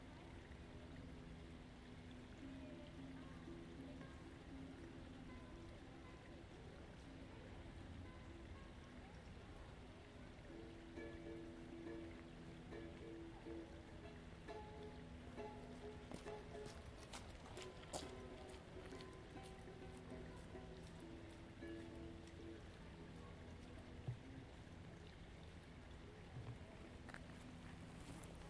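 A walk in Ravenna Park, Seattle, set against a constant, dense low roar like running water, with faint steady hums layered underneath. Between about 15 and 20 seconds a flurry of sharp clicks and taps cuts through, and a single knock lands near 24 seconds.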